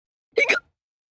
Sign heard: Hiccup Normal.